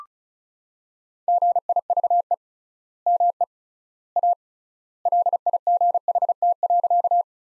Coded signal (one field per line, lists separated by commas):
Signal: Morse code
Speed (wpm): 36 wpm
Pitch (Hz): 700 Hz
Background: none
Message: GIVE ME A LIGHT.